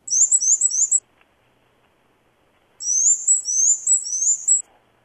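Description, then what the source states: Black-and-white Warbler song: high, thin squeaky two-note phrases repeated in a quick seesaw series, a short burst followed by a longer run after a pause. Played at regular speed; often confused with Bay-breasted Warbler but distinguishable by element structure.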